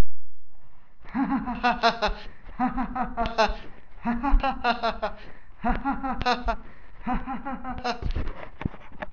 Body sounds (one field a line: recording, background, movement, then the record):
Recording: laughter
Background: quiet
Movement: walking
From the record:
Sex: male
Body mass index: 20.6 kg/m2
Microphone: on the chest, facing the body